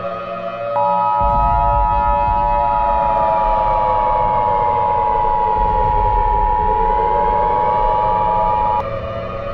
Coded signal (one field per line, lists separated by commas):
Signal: Emergency Alert System (SAME) tones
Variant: 853 and 960 Hz attention tone